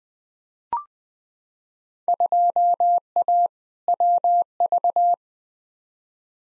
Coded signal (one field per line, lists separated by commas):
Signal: Morse code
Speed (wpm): 21 wpm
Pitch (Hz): 700 Hz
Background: none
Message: 2A WV